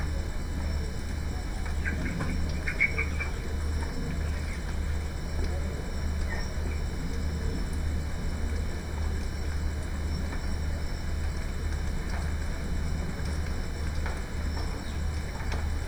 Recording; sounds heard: poultry house recording; healthy chickens